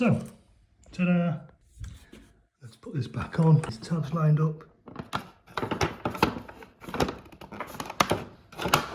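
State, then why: Seated. A plastic cover is refitted onto the instrument cluster housing of an MK2 Golf, with its tabs lined up and pressed on while someone talks. A few handling knocks come first, then a sharp snap at 8.0 s as the cover clicks into place and seats.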